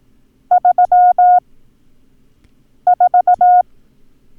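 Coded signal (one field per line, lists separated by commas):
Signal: Morse code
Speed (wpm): 18 wpm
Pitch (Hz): 720 Hz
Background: none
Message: 34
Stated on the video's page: Lesson drill of the numbers 2, 3, 4, 5, 7, 9 and 0.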